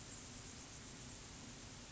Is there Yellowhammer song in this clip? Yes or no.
no